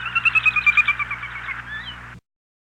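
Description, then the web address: Sora: a rapid run of bright, clipped notes, then a short slurred note. "101 Bird Songs. Sora"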